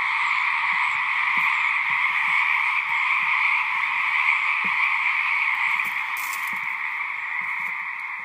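Frogs calling in a dense chorus, a continuous buzzing trill of overlapping croaks, with soft clicks and brief knocks underneath.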